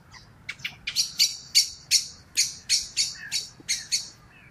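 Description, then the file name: Common blackbird's harsh chattering call, a string of about a dozen sharp clucking notes. "Turdus merula"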